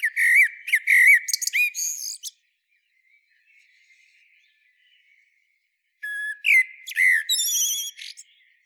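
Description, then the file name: Common blackbird song: loud, rich fluted whistles running into thin squeaky twitters, a pause of several seconds, then another similar whistled-and-twittered phrase. "Turdus merula"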